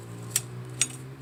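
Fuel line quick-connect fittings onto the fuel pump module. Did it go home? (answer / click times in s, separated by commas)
yes / 0.4 s, 0.8 s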